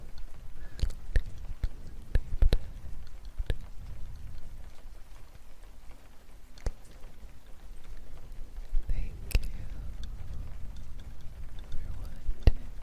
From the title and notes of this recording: ASMR gentle wood tapping, ear blowing & trigger words in the rain.